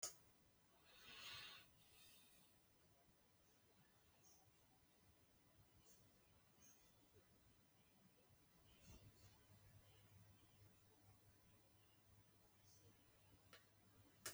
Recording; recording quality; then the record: shallow breathing; moderate, slight background noise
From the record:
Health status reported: healthy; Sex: male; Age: 56 years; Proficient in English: yes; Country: France